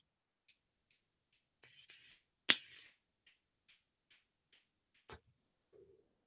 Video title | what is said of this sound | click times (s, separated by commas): Monday Night Live! Teasing the Nations | it just goes and clicks back in again and wallop but | 2.5 s